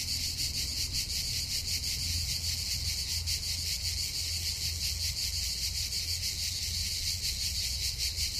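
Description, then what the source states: Cicadas buzzing in a loud, steady, high-pitched drone with a fast rhythmic pulsing, over a low background hum. Recorded on 19 August 2007.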